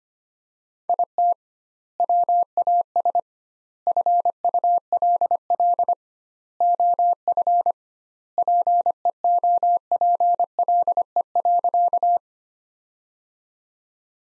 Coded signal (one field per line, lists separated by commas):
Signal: Morse code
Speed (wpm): 25 wpm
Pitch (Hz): 700 Hz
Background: none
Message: IT WAS FULL OF PEOPLE.